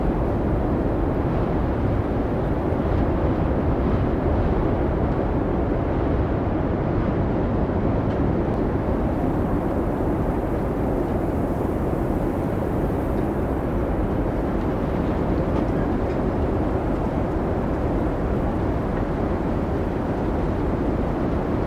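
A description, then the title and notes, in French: Howling wind of an Icelandic blizzard roars without pause, a dense, heavy rush concentrated in the low and middle range. The level stays nearly constant for the whole stretch, with only slight gusting swells and no distinct separate events. Ambiance de Tempête Hivernale. Enregistrement authentique pris au cœur d'un blizzard islandais. Capturé toute une nuit pendant l'immense tempête de neige Diddú à Reykjavík, faites l'expérience des sons réels et indomptés des vents hurlants et de la neige tourbillonnante.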